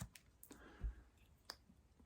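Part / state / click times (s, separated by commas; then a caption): cap on a perfume atomizer bottle / not seated / none. A cap is fitted onto an 80 ml glass perfume atomizer bottle of a Tom Ford Oud Wood clone. Only a few light, sharp contact taps are heard, around 0.2, 0.4, 0.5 and 1.5 seconds. The cap does not click into place, and nothing has locked on.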